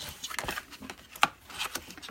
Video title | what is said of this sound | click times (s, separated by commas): Clear Cut Punch - We R Memory Keepers Clear-Cut Punch | it on there you can feel it kind of click into place you can't really see it on camera | 1.2 s